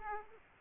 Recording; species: mosquito wingbeat signal from an infrared sensor; Aedes aegypti